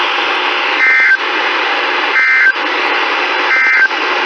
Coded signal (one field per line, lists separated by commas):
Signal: Emergency Alert System (SAME) tones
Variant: end-of-message bursts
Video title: **LATE**... Marching with the EAS... EAS Alerts from 3/4/2020-3/25/2020 (EAS #303-309)